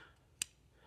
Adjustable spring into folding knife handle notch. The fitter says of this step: going to put this in here and we'll rotate until it clicks into place.